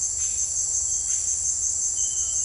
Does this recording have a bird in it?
no